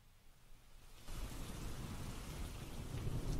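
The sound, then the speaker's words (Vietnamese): Rain suddenly begins pouring down hard like a bursting waterfall over a cemetery during a burial, under a darkening sky, about a second in, a dense, steady hiss of heavy downpour with a low rumble underneath, continuing loudly to the end. “Trời đất trở nên âm u, rồi bất thình lình đổ cơn mưa như là bục thác.”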